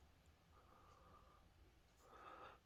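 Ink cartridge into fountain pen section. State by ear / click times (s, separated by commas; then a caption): not seated / none. A small plastic ink cartridge is pushed into the section of a transparent plastic Kaweco Sport Classic fountain pen. Low background rumble runs throughout, with faint scraping tones around 0.5–1.4 s and a louder rubbing burst around 2.0–2.6 s, plus several small hits. No click is heard, and nothing has seated or clicked yet.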